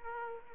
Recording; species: mosquito wingbeat signal from an infrared sensor; Aedes aegypti